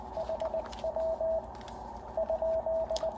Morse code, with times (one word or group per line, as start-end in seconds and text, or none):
0.2-1.4 HW
2.2-3.1 ?